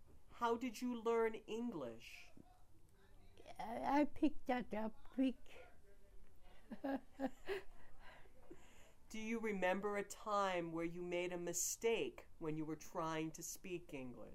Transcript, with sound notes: How did you learn English?
I — I picked that up quick. [chuckles]
Do you remember a time where you made a mistake when you were trying to speak English?